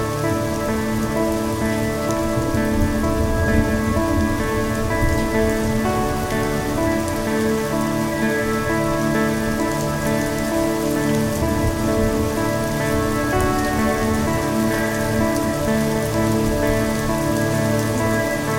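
Rain falls steadily through a night storm, a dense, even patter that holds the same level for the whole stretch. Beneath it runs a constant low, layered drone, and no distinct thunderclaps break through.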